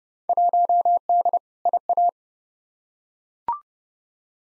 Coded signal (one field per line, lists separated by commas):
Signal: Morse code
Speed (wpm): 31 wpm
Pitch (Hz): 700 Hz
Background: none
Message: 1D IA